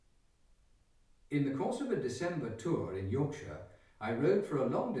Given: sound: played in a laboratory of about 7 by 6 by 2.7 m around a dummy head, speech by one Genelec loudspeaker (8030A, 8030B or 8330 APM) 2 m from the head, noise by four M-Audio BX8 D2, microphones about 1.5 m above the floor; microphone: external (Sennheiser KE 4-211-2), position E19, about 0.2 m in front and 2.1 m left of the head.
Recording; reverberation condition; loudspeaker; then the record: male speech in English; medium; 120 degrees to the right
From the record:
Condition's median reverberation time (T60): about 510 ms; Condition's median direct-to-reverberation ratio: about -0.5 dB